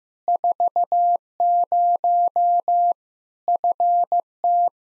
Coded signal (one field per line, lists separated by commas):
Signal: Morse code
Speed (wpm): 15 wpm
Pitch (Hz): 700 Hz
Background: none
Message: 40 FT